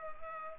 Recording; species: mosquito wingbeat signal from an infrared sensor; Culex pipiens